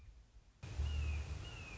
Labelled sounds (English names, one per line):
Red-shouldered Hawk